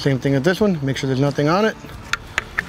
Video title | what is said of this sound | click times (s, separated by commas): Weedoo Boats Virtual Demo - Nothing Cleans Waterways Better Than Weedoo | chặt cho đến khi bạn nghe thấy tiếng tách đó | 2.4 s